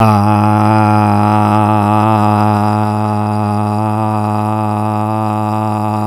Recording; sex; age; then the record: sustained vowel /a/; male; 50 to 59 years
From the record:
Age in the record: 57 years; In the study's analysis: included